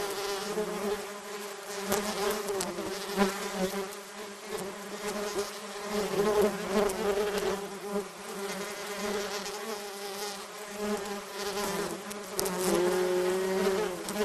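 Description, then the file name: Bee swarm buzzing, a thick unbroken drone that swells and dips. Recordist surrounded by a bee swarm. "animals insects bees swarm sourrounded"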